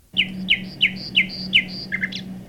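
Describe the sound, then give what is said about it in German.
A bird song played from a multimedia electronic document when the bird's picture is clicked with the mouse pointer: a repeated phrase of bright, high chirps, about five evenly spaced notes ending in a quick rising flourish, over a steady low hum. “Am besten gefällt mir aber, was passiert, wenn ich mit dem Mauszeiger direkt auf das Bild des Vogels klicke.”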